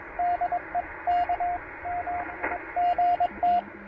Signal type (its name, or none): Morse code